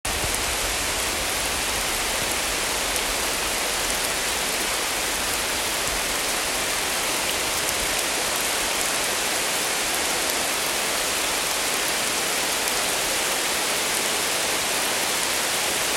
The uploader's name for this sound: Rain on a deciduous forest